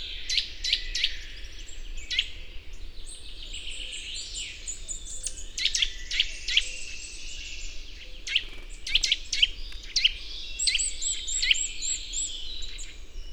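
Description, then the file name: Eurasian nuthatch giving short, sharp high call notes in irregular bursts over a low steady rumble. "Sitta europaea"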